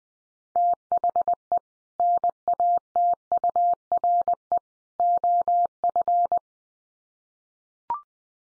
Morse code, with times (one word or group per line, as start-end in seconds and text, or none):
0.6-1.6 THE
2.0-4.6 NATURE
5.0-6.4 OF